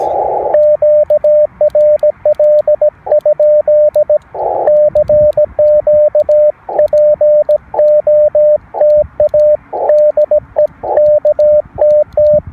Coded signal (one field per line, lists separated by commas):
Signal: Morse code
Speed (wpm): 17 wpm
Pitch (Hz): 600 Hz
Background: radio noise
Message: QRL? CQ POTA DE KTT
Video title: A Look at an End Fed Half Wave Antenna in an Inverted Vee for a 17 WPM CW POTA Activation